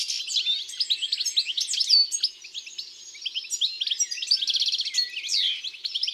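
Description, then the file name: European goldfinch song: a fast, tinkling run of high twittering and liquid notes with short buzzy trills, going on without a break. "Chardonneret elegant"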